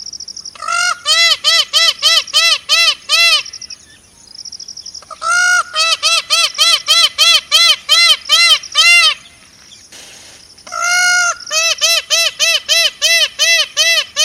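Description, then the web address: Myna producing rapid trains of short, harsh, evenly spaced notes in three bursts separated by brief silences. "animal-sound myna-sound"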